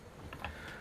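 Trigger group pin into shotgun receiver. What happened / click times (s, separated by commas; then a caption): The pin went in but did not fully seat / 0.3 s, 0.5 s. A trigger group pin is pushed by finger into a Mossberg 500 shotgun receiver, giving two short clicks at 0.3 s and 0.5 s over a low background. The pin looks almost flush but is not fully seated, with a small gap left that could let it back out.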